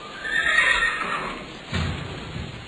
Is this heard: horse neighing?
yes